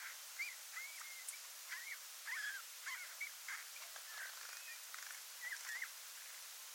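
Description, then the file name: Eurasian bullfinch uttering gentle piping whistles, some rising then falling, in loose clusters throughout over a steady faint hiss. "Pyrrhula pyrrhula"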